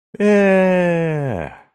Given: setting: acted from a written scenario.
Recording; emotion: vocal sound without words; elation